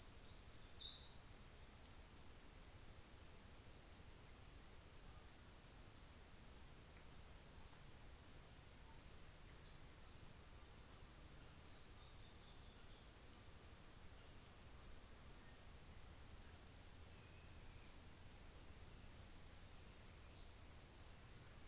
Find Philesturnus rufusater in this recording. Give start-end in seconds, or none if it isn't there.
none